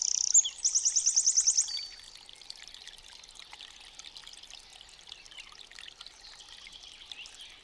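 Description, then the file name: Eurasian wren song with a loud, high, fast rattling trill, followed by the steady sound of running water. "STRZYZYK"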